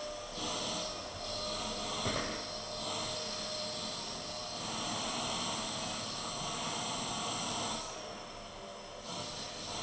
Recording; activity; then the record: daily activity, microphone in the room; vacuum cleaning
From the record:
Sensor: 4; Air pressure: 1000.1 hPa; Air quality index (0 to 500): 232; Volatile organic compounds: 32 ppm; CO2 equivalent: 2992 ppm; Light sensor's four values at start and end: 9/21/8/8 and 9/21/8/8